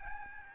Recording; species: mosquito wingbeat signal from an infrared sensor; Aedes albopictus